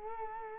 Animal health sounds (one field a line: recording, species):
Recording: mosquito wingbeat signal from an infrared sensor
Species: Culex quinquefasciatus